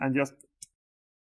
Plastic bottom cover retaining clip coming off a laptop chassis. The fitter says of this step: twist it you want to hit those click sound that's what you want to hear go all the back to the corner